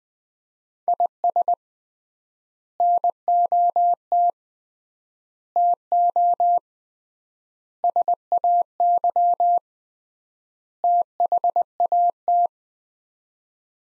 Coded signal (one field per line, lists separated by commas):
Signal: Morse code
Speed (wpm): 20 wpm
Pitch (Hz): 700 Hz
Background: none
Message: IS NOT TO SAY THAT